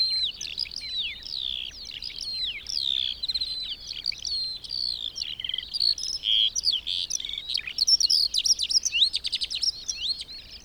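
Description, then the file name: Eurasian skylark song, a continuous rapid stream of high chirps, trills and slurred whistles pouring on without pause for the whole stretch. "feldlerche karl-heinzfrommolt deutsches tierstimmenarchiv"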